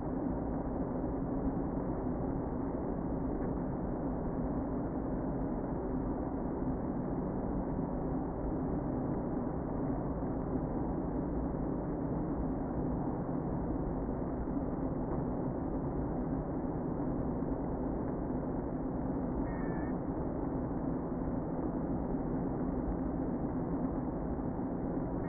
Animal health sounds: honeybee colony, microphone inside the hive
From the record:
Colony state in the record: queen present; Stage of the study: before two queens were removed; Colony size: about 60,000 bees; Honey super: yes

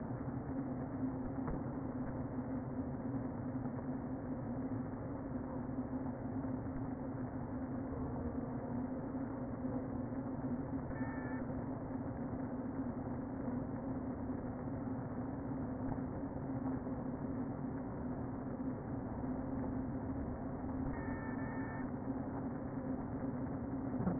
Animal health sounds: honeybee colony, microphone inside the hive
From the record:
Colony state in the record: queen present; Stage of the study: before two queens were removed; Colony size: about 60,000 bees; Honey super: yes

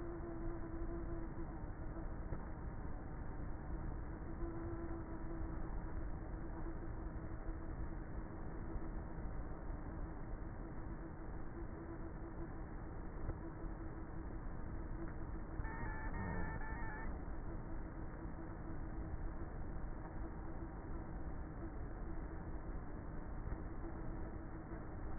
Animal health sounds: honeybee colony, microphone inside the hive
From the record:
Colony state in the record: queenless with a low population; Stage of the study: before two queens were removed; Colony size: about 30,000 bees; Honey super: no

